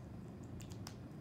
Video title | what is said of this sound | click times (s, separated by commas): How to setup the VitalsBridge 300 with a Corpuls patient monitor | you plug those in they should snap into place just like that | 0.9 s